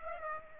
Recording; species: mosquito wingbeat signal from an infrared sensor; Aedes aegypti